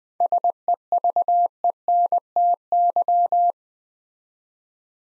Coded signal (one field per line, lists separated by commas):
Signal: Morse code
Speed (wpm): 20 wpm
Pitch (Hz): 700 Hz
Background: none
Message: SEVENTY